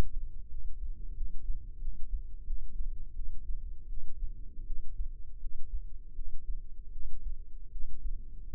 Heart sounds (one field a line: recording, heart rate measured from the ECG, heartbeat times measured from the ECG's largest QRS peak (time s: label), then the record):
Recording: heart sounds by microphone in the left ear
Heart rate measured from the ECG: 83 bpm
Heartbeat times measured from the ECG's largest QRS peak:
0.47 s: heartbeat
1.14 s: heartbeat
1.79 s: heartbeat
2.44 s: heartbeat
3.13 s: heartbeat
3.87 s: heartbeat
4.64 s: heartbeat
5.38 s: heartbeat
6.13 s: heartbeat
6.90 s: heartbeat
7.69 s: heartbeat
8.47 s: heartbeat
From the record:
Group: healthy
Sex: female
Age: 19 years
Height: 163 cm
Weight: 48.9 kg